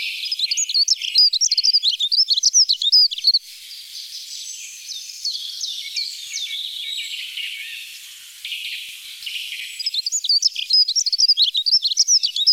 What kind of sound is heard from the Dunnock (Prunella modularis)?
song